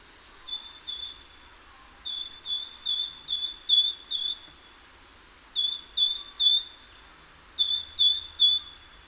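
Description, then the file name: Great tit giving bouts of rhythmic see-saw phrases, a thin high note paired with a lower clear one, broken by a short pause midway. "Parus major"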